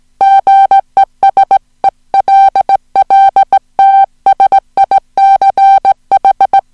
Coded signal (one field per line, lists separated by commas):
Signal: Morse code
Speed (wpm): 17 wpm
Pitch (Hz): 780 Hz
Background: music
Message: GESELLT SICH